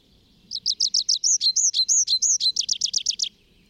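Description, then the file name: Tree pipit singing one bright phrase of about three seconds. Rapid chipping notes lead into several looping, slurred notes, then end in a fast, even trill. Recorded in the Bavarian Forest, Germany, on 25 April 2015. "Baumpieper. Bayerischer Wald REG. Susanne Rieck"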